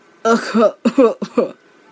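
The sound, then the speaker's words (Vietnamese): An elderly man with a hunched back gives three dry, raspy coughs in quick succession, the first one longest and the last one shortest, with a throaty, voiced quality and no talking around them. “ho khan vài tiếng, lưng còng run lên cười nói.”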